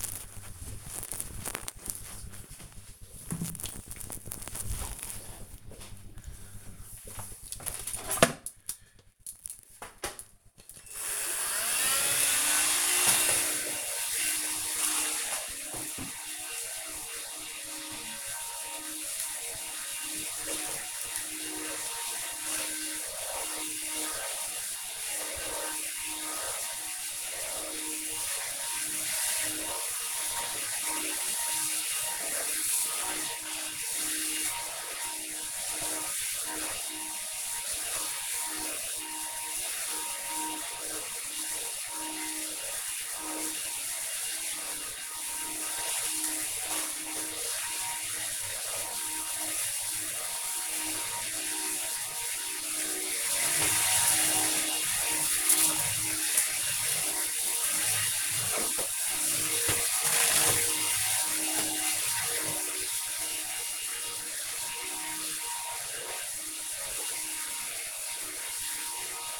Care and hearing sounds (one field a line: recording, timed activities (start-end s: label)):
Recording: household activities, microphone on the right wrist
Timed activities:
8.81-69.39 s: vacuum cleaning